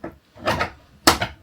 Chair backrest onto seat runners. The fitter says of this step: And you should hear a click. I'm sure that's it. That's it. Solid.